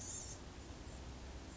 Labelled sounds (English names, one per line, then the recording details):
Blue-gray Gnatcatcher
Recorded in Sonoma County, California